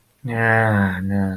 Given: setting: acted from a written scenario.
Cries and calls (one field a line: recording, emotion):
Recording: vocal sound without words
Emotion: contempt